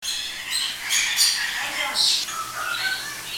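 Bird giving a busy run of high, squeaky chirps and squawks.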